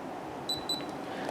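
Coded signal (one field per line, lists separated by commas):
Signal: beep code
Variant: LaGard electronic safe lock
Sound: quick high double beep, then another double beep, over faint room hum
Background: quiet room noise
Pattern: 2 short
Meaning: Acknowledgement: the lock has entered SMR menu and waits for the code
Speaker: press 0 and hold off for 3 seconds you'll get the double beep and the red lights stay on now we need to enter the current SMR code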